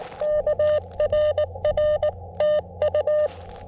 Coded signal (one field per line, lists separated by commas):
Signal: Morse code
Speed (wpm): 21 wpm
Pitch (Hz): 590 Hz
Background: none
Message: K RR TU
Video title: CW POTA at K-5221 with the FX-4CR and WRC 213" Antenna